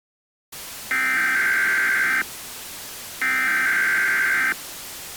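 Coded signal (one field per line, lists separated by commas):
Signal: Emergency Alert System (SAME) tones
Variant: header bursts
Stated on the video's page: Fictional EAS scenario, simulated alert.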